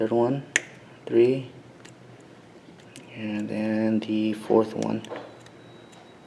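Someone talks while handling the fourth flex cable connector for an iPhone 6 screen, working it toward its socket on the logic board. A few faint, short ticks occur around 1.9 s, 3.0 s and 5.5 s between the speech. Nothing has seated or clicked yet; the connector is handled but not yet home.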